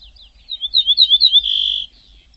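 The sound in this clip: Bird calling with a fast string of high chirps that runs into a sustained buzzy trill.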